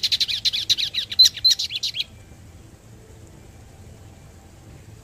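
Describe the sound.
Hooded siskin twittering, about two seconds of quick high chattering notes, then silence.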